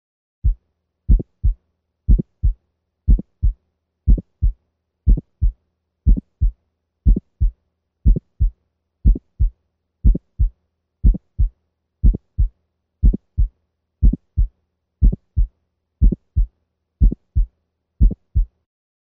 An aortic ejection sound as it might sound in a dog with aortic valve stenosis. The sound cadence is 1-click-2 or lub-click-dup.